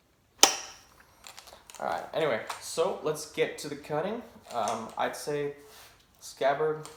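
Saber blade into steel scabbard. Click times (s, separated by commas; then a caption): 0.4 s. A steel Cold Steel 1796 Light Cavalry Saber blade is pushed fully into its steel scabbard, and the retention detent at the throat gives a sharp metallic click at 0.4 s as the blade seats home. A few faint ticks follow before someone talks for the rest of the clip.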